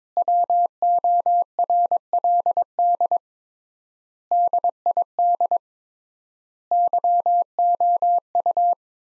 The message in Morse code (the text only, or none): WORLD DID YOU